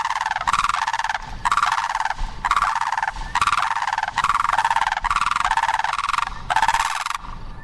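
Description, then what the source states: Blue Crane giving several loud, harsh, rattling calls, each up to about a second long, repeated in quick succession with brief gaps between them. South Africa's national bird; loud, very distinctive call.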